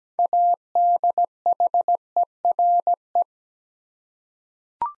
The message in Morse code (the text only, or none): ADHERE